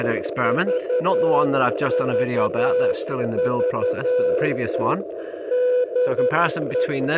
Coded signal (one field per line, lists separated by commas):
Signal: Morse code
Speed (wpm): 11 wpm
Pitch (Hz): 500 Hz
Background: speech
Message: VVV DE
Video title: E field Experiment vs 40m Ground Plane QRP into VK5 (over 600km)